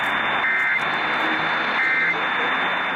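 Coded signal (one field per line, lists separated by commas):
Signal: Emergency Alert System (SAME) tones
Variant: end-of-message bursts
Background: speech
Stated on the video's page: EAS severe weather alerts received from distant Massachusetts and New Hampshire stations via tropospheric propagation (tropo).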